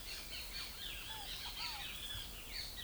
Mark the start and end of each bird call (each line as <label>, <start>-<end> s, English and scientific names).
Great Kiskadee (Pitangus sulphuratus), 0.00-2.83 s
Scaled Dove (Columbina squammata), 0.00-2.83 s